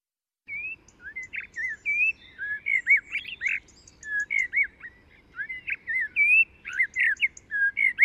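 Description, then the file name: Common blackbird giving a continuous flowing song of clear, varied whistled notes, some rising and some falling, with faint high squeaks. "Turdus merula"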